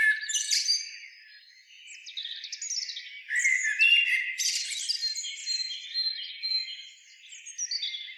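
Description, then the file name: Eurasian blackbird calling in rapid, scratchy bursts with a few thin whistled notes, loudest during the middle seconds. "Turdus merula"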